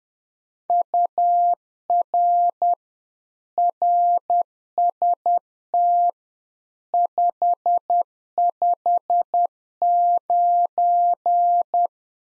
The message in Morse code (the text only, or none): UR RST 559